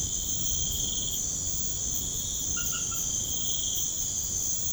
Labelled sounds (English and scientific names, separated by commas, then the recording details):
none
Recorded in pastures near Puerto Asís, Putumayo, Colombia, on 21 March 2025 at 22:30
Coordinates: 0.505, -76.324
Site GP08